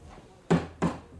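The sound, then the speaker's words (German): Three firm knocks by a police inspector on a wooden door in a slightly uneven rhythm, each a sharp, hollow thud with a low resonant body, standing out against a quiet background with no voices. “Darf man da einfach klopfen? Hier pocht das Gesetz.”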